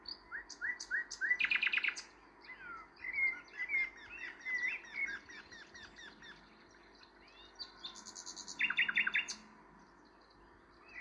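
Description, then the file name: Common nightingale song with a series of whistled notes, a loud rapid buzzy trill near two seconds, varied chirps, then another fast trill near nine seconds. "Rossignol philomele"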